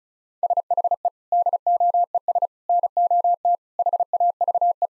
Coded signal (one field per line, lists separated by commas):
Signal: Morse code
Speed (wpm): 34 wpm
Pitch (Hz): 700 Hz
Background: none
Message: SHE DOES NOT HAVE